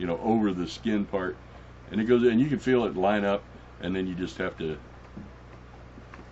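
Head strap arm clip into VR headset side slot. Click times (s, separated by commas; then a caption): 6.1 s. Someone talks while the plastic arm clip of a replacement head strap is pushed through the side slot of a VR headset, over the silicone headset cover. The clip clicks into the slot at 6.1 s, and the arm is seated.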